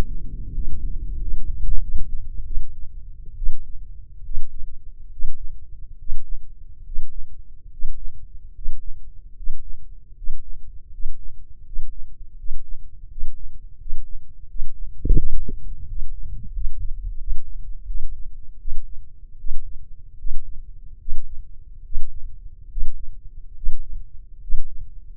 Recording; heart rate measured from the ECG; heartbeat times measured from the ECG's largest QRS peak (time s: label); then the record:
heart sounds by microphone in the left ear; 78 bpm
0.51 s: heartbeat
1.18 s: heartbeat
1.80 s: heartbeat
2.44 s: heartbeat
3.35 s: heartbeat
4.23 s: heartbeat
5.10 s: heartbeat
5.96 s: heartbeat
6.83 s: heartbeat
7.68 s: heartbeat
8.52 s: heartbeat
9.33 s: heartbeat
10.13 s: heartbeat
10.89 s: heartbeat
11.62 s: heartbeat
12.35 s: heartbeat
13.07 s: heartbeat
13.77 s: heartbeat
14.46 s: heartbeat
15.17 s: heartbeat
15.85 s: heartbeat
16.51 s: heartbeat
17.18 s: heartbeat
17.85 s: heartbeat
18.58 s: heartbeat
19.37 s: heartbeat
20.17 s: heartbeat
20.99 s: heartbeat
21.83 s: heartbeat
22.69 s: heartbeat
23.55 s: heartbeat
24.41 s: heartbeat
From the record:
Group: healthy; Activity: breath hold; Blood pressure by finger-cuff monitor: 129/73 mmHg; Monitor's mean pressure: 92 mmHg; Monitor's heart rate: 76 bpm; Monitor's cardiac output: 6.6 L/min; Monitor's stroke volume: 80 mL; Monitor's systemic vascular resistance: 1050 dyn s/cm5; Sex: male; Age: 21 years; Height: 180 cm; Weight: 67.5 kg